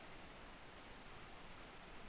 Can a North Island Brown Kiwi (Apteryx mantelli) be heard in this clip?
no